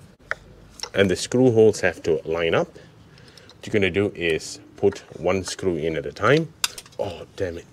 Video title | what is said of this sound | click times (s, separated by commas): Car Hack to determine a bad MAF Mass Air Flow Sensor | and once it's fitted back in it it should kind of click in you should hear it seat | 0.3 s